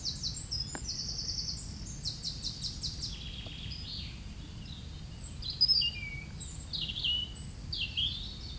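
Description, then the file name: European robin song: high, thin, varied warbling phrases with quick trills and liquid notes, broken by short pauses, over a steady low rumble. Recorded 9 May 2022 at 09:41. "erirub-sn 02-20220509-094100"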